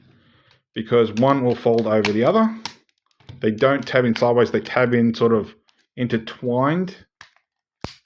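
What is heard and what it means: Two interlocking plastic tabs on the back of a Studio Series 86 Sweep transforming action figure are wiggled so one folds over the other while someone talks. Two sharp snaps are heard at 7.2 s and 7.8 s as the tabs lock together and seat.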